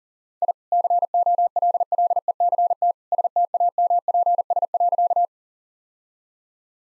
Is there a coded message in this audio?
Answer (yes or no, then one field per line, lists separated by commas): yes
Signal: Morse code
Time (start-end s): 0.4-5.2 s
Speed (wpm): 40 wpm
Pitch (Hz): 700 Hz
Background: none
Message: I COLLECT STAMPS.